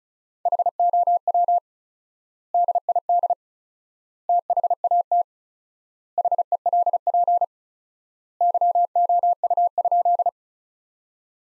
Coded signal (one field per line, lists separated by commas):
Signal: Morse code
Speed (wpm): 36 wpm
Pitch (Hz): 700 Hz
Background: none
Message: HOW DID THAT HELP YOU?